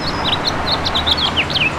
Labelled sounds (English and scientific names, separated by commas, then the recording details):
House Finch (Haemorhous mexicanus) song
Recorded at Bridgehampton on Long Island, New York, on 22 June 2013
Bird G